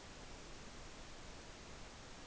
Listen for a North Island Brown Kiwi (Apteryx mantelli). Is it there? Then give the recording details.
no. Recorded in New Zealand on 16 June 2014. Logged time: 02:19